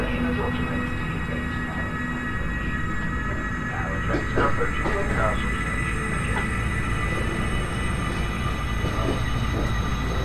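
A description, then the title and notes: Inside a train gangway while rolling into Newcastle, a dense, steady rumble fills the low end throughout, with a constant whine running above it. Short metallic clanks and rattles break through around the middle and again near the end. Train To Newcastle. I was capturing some samples from inside one of the gangways as we rolled into Newcastle.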